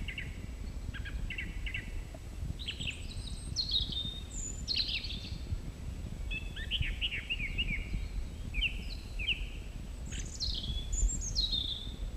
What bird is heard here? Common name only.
Song Thrush